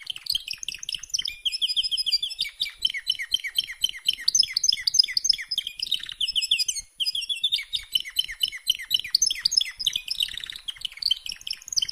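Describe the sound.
Canary in a long, unbroken song of buzzy trills and sharp chirps shifting between phrases, with a momentary break midway.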